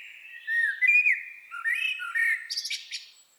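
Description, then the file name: Common blackbird song: rich whistled warble with slurred notes, closing in a rapid high-pitched twittering flourish. "Turdus merula"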